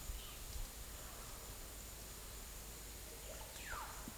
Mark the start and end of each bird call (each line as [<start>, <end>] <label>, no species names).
[3.12, 4.12] bird call